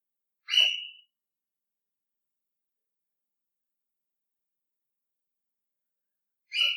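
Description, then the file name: Bird giving brief calls, one near the start and another about six seconds later, with nothing else heard in between. Bird calling at night, recorded 13 July 2015 at about 02:17. "Yoru Naku Tori 20150713-021708"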